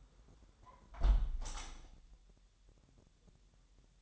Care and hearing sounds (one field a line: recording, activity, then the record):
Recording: daily activity, microphone in the room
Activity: close window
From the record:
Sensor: 3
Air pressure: 1000.3 hPa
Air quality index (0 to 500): 246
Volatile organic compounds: 161 ppm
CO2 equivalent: 4068 ppm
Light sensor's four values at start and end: 10/24/10/10 and 10/23/9/9